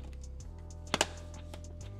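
A real forged carbon fiber dash trim piece for a Tesla Model 3 and Y has its plastic clips pushed into the dashboard, the same way as the other side. A sharp double snap lands at 0.9 s and 1.0 s over a steady low background tone, followed by a fainter tick at 1.5 s. The clips snap in and the trim piece is seated.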